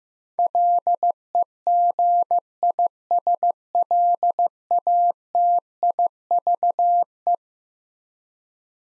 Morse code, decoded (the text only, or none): LEGISLATIVE